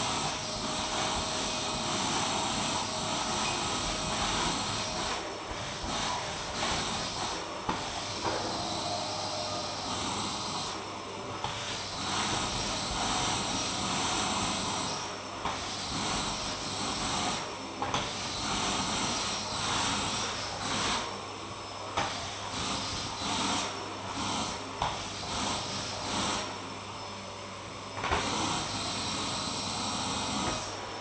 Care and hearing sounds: daily activity, microphone in the room; vacuum cleaning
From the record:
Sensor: 1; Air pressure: 1010.2 hPa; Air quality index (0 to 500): 173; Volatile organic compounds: 13 ppm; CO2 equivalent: 2381 ppm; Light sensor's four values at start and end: 49/128/53/66 and 50/130/53/67

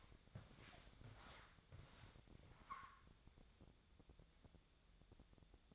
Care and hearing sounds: daily activity, microphone in the room; walk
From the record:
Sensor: 3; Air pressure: 1000.5 hPa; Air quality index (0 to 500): 165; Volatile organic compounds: 3 ppm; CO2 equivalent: 1440 ppm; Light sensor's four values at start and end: 17/45/18/20 and 17/45/18/20

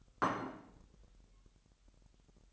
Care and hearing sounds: daily activity, microphone in the room; place plate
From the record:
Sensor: 3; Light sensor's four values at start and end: 12/37/16/13 and 12/37/16/13

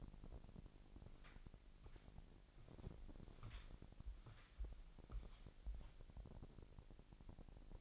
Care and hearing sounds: daily activity, microphone in the room; walk to room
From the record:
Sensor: 5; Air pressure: 1002.1 hPa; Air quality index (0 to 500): 250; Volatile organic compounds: 8 ppm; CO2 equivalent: 2101 ppm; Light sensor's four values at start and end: 26/60/25/26 and 25/58/24/25

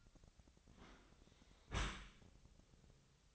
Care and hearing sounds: daily activity, microphone in the room; close dishwasher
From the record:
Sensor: 3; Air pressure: 1003.0 hPa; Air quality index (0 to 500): 195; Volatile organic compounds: 6 ppm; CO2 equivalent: 1903 ppm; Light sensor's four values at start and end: 18/45/19/20 and 18/45/19/20

